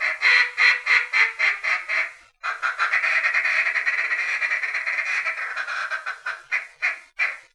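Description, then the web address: Mallard quacks in a quick repeated series, then after a brief pause a continuous raspy chatter, then breaking again into separate loud quacks. "Duck -Mallard"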